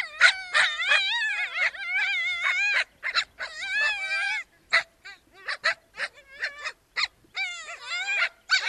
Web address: ethiopian wolf